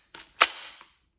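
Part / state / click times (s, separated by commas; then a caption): magazine into airsoft submachine gun magazine well / seated / 0.4 s. A magazine is pushed into the magazine well of a Tokyo Marui Heckler & Koch MP5 A3 spring airsoft submachine gun made of plastic and metal. A soft contact sound at 0.2 s leads to a loud, sharp click at 0.4 s, followed by a fading ring and a faint tick near 0.8 s. The magazine latches in and is seated.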